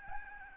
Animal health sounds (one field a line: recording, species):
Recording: mosquito wingbeat signal from an infrared sensor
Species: Aedes albopictus